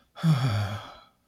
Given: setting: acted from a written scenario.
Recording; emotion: vocal sound without words; fear